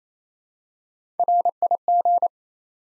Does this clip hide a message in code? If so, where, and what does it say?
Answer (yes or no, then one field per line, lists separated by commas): yes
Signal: Morse code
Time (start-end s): 1.2-2.3 s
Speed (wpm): 28 wpm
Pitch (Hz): 700 Hz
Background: none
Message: RIG